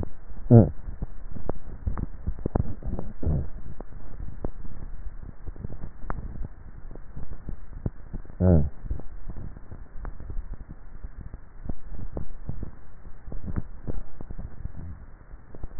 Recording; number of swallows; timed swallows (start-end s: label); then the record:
swallowing sounds by neck microphone; 3
1.75-2.45 s: swallow
5.85-6.48 s: swallow
13.38-14.05 s: swallow
From the record:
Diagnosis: dysphagia